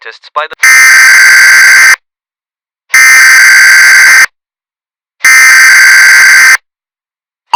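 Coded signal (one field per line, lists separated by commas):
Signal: Emergency Alert System (SAME) tones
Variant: header bursts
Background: speech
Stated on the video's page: Fictional alert scenario.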